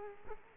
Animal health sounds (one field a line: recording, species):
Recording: mosquito wingbeat signal from an infrared sensor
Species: Culex quinquefasciatus